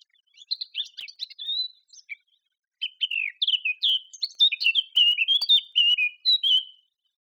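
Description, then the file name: Eurasian blackcap song: quiet warbling chatter, a brief pause, then a rich run of varied fluting whistles rising and falling in quick succession. "Sylvia atricapilla"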